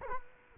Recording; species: mosquito wingbeat signal from an infrared sensor; Culex quinquefasciatus